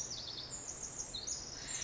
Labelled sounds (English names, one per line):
Pacific Wren